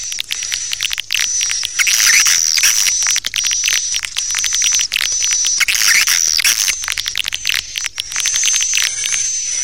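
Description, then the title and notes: Swiftlet chirping: dense, rapid high twittering in overlapping bursts over a steady thin high whistle, with bursts of louder chatter around two and six seconds. Swiftlet sound used for swiftlet farming in Asia. "Swiflet Bird Sound. Farming Swiflet Bird asia sound"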